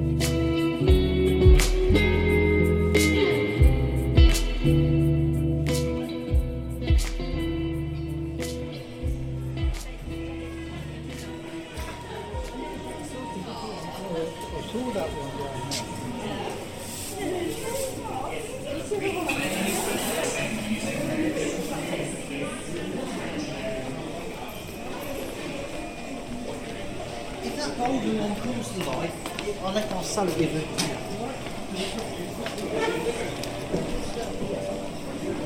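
Chatter fills a busy indoor market on a weekday morning, voices overlapping. For the first ten seconds or so, loud sharp knocks and bangs land every second, then fade as steady murmuring talk carries on.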